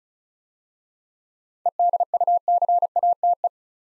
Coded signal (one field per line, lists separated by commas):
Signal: Morse code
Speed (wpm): 34 wpm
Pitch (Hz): 700 Hz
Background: none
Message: EDUCATE